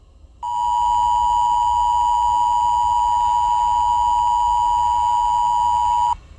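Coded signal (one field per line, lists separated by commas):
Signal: Emergency Alert System (SAME) tones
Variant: 853 and 960 Hz attention tone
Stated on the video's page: Fictional EAS scenario about a film monster; simulated alert tones.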